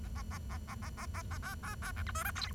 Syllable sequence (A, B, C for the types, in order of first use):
A A A A A A A A A B B B C D E F G